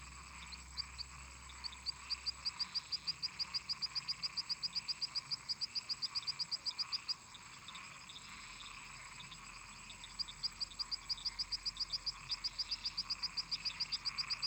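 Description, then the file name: Toad chorus of fast, high-pitched clicking pulses that build after two seconds, break off briefly midway, then resume in long even runs over a low background hum. Toads singing in a marsh. "Sapos cantando no brejo"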